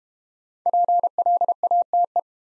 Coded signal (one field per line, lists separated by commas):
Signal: Morse code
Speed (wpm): 32 wpm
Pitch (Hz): 700 Hz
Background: none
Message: PLATE